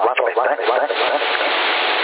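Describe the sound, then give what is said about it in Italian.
A voice over a CB radio with an amplified microphone, thin and band-limited, smeared by a dense echo effect that repeats each sound so the syllables blur together into a continuous, steady wash. “C'è il microfono amplificato, gli fa ancora più ripetizioni. Antonello, più o meno è pari come velocità ripetizione di eco.”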